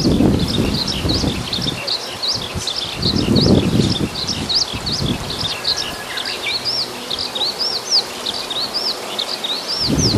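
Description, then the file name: Eurasian skylark song, a sustained stream of rapid high chirps and trills without pause, with bursts of low rumbling wind noise underneath. "hibari"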